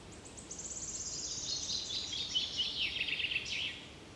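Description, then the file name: Common chaffinch song, a single rattling phrase that starts high, cascades downward and finishes with an abrupt flourish, over soft hiss. "Fringilla coelebs"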